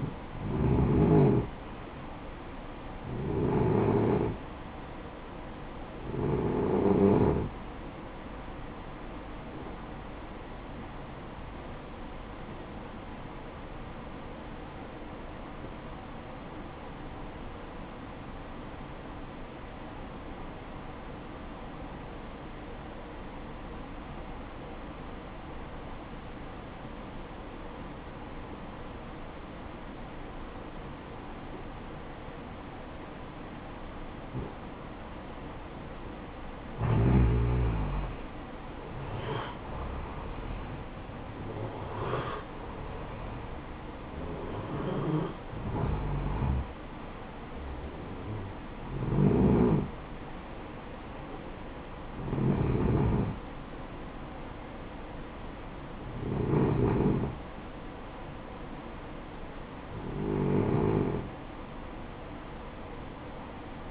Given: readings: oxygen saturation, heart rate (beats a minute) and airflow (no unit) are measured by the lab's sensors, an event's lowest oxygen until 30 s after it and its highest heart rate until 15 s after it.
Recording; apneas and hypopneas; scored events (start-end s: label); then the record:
breathing in sleep by a voice recorder at the bedside; 1
6.00-63.91 s: new sleep stage, N1 (lightest sleep)
13.00-37.40 s: obstructive apnea (N1, oxygen 94% highest, then 87% lowest, heart rate 58 at the start, 66 highest)
From the record:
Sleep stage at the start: N2 (light sleep); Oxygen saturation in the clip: 87 to 94%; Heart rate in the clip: 55 to 66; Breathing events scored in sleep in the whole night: 573 in 9.8 hours asleep